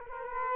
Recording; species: mosquito wingbeat signal from an infrared sensor; Culex quinquefasciatus